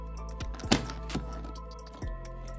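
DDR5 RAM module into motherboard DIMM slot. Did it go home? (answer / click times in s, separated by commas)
yes / 0.7 s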